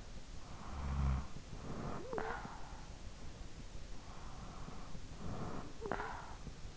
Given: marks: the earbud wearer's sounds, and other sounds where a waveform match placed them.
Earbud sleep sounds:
sounds in sleep by an in-ear microphone; snoring breath
0.13-3.14 s: snoring breath
3.86-6.67 s: snoring breath

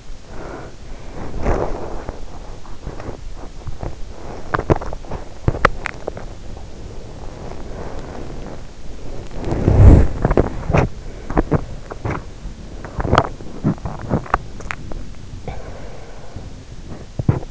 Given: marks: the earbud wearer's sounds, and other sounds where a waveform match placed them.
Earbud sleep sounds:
sounds in sleep by an in-ear microphone; breath, body movement, teeth grinding, swallowing
0.00-2.11 s: breath
1.25-17.51 s: body movement
4.19-6.42 s: teeth grinding
10.52-12.41 s: breath
12.76-15.25 s: swallowing
15.69-17.02 s: breath

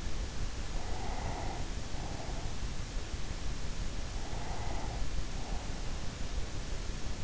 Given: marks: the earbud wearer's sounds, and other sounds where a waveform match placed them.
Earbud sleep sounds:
sounds in sleep by an in-ear microphone; breath
0.57-2.97 s: breath
4.34-6.03 s: breath

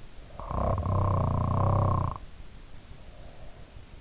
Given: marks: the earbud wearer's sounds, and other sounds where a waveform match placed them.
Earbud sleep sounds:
sounds in sleep by an in-ear microphone; snoring breath
0.33-3.59 s: snoring breath

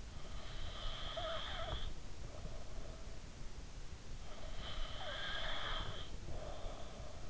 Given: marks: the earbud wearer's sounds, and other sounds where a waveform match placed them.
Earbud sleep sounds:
sounds in sleep by an in-ear microphone; snoring breath
0.52-3.18 s: snoring breath
4.51-7.30 s: snoring breath

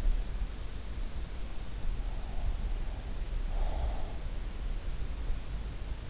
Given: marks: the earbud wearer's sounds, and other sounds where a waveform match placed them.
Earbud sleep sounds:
sounds in sleep by an in-ear microphone; breath
2.01-4.17 s: breath

